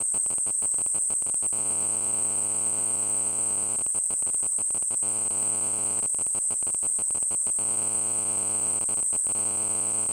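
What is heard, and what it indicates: Simulated tinnitus: a steady, high-pitched tone around 8 kHz ringing continuously over a constant background hiss.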